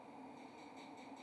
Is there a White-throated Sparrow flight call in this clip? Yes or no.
no